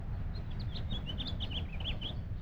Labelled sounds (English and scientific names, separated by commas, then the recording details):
House Finch (Haemorhous mexicanus) song
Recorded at Lynbrook on Long Island, New York, on 17 June 1975
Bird D